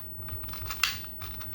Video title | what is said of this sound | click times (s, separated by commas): Edoggz Reviews: Tobot Grand Champion with Alpha Plus | and it clicks in | 0.8 s